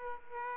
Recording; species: mosquito wingbeat signal from an infrared sensor; Aedes aegypti